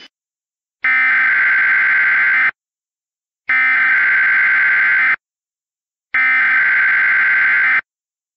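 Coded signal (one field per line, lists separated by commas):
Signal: Emergency Alert System (SAME) tones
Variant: header bursts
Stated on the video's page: Fictional scenario using valid tones.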